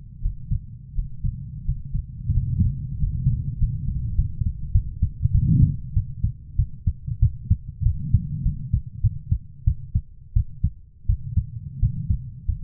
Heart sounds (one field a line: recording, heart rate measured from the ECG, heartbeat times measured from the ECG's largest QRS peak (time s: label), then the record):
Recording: heart sounds by stethoscope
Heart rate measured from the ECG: 93 bpm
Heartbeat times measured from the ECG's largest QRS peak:
0.21 s: heartbeat
0.94 s: heartbeat
1.65 s: heartbeat
2.33 s: heartbeat
2.97 s: heartbeat
3.58 s: heartbeat
4.15 s: heartbeat
4.72 s: heartbeat
5.32 s: heartbeat
5.93 s: heartbeat
6.56 s: heartbeat
7.20 s: heartbeat
7.83 s: heartbeat
8.43 s: heartbeat
9.01 s: heartbeat
9.65 s: heartbeat
10.34 s: heartbeat
11.07 s: heartbeat
11.80 s: heartbeat
12.46 s: heartbeat
From the record:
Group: healthy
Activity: Valsalva maneuver 0-4 s, rest 4-13 s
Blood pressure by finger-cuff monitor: 124/77 mmHg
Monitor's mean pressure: 97 mmHg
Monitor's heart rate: 95 bpm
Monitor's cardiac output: 6.8 L/min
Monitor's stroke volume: 76 mL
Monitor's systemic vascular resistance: 1040 dyn s/cm5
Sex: female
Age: 24 years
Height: 163 cm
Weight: 55.7 kg